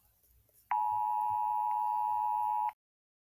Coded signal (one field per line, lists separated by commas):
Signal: Emergency Alert System (SAME) tones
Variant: 853 and 960 Hz attention tone